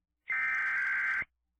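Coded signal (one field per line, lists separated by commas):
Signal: Emergency Alert System (SAME) tones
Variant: header bursts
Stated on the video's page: Mock EAS scenario about a blizzard.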